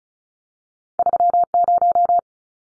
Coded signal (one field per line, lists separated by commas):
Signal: Morse code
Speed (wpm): 34 wpm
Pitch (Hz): 700 Hz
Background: none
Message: 30